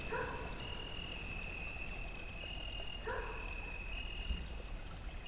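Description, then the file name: Two dog barks three seconds apart against a constant cicada buzz and the rush of water and wind. With water, cicadas and wind. "Wasser Mi Fa Zikaden Hund und Wind hall"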